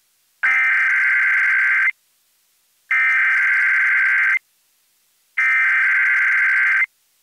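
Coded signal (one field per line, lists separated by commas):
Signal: Emergency Alert System (SAME) tones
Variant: header bursts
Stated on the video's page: Required Monthly Tests relayed by an FM and a TV station; FM audio recorded from a stereo with a handheld recorder, TV captured from a streaming app.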